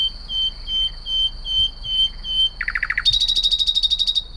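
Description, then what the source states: Common nightingale song: a series of pure whistled notes, then a short buzzy burst and a fast, loud rattling trill, above a steady high hum. Sings at night a couple of metres away, composing by producing one motif and then the next.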